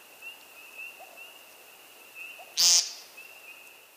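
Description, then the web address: American woodcock giving a single short, nasal, buzzy peent, with a steady high insect-like tone running underneath throughout. "Woodcock"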